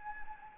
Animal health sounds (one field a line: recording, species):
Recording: mosquito wingbeat signal from an infrared sensor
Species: Anopheles gambiae